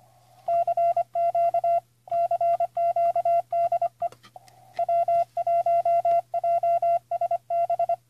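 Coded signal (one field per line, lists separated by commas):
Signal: Morse code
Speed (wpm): 25 wpm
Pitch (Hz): 680 Hz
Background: radio noise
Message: CQ CQ DE W1JSB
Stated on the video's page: 15m Ft. Tuthill QRP CW transceiver.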